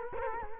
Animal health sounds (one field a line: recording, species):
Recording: mosquito wingbeat signal from an infrared sensor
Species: Culex quinquefasciatus